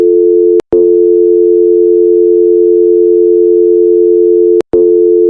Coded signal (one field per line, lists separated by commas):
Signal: telephone call progress tone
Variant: North America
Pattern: dial tone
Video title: Dial Tone American sound effect